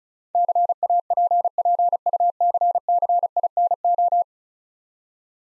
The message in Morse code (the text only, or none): CAPPUCCINO